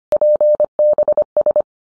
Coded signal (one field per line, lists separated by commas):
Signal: Morse code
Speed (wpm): 25 wpm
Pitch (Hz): 600 Hz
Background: none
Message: PBS